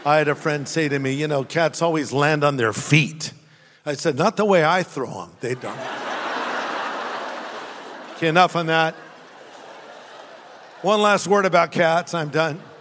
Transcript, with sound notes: I had a friend say to me, "You know, cats always land on their feet." I said, "Not the way I throw them, they don't." [Laughter] Okay, enough on that. One last word about cats, I'm done.